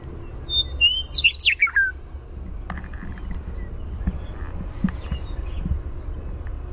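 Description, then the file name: Western meadowlark song, one bright whistled phrase that warbles and slides downward, followed by a quiet stretch with faint clicks and low background hum. Primary song of the Western meadowlark. "WEME-Primary Song"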